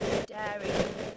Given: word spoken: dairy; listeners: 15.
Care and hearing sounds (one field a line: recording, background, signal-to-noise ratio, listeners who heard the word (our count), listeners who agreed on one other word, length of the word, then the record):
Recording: one English word in noise, from a listening test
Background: noise modulated by three-talker babble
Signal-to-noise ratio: -5.8 dB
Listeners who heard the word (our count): 4 of 15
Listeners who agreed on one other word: 7 of 15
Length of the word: 0.77 s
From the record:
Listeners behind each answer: 7, 4, 2, 1, 1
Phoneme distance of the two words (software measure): 17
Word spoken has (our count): 2 syllables, 4 phonemes, stress on syllable 1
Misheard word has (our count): 2 syllables, 5 phonemes, stress on syllable 1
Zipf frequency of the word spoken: 4.00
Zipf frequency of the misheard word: 3.72